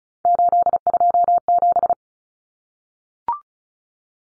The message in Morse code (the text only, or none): 827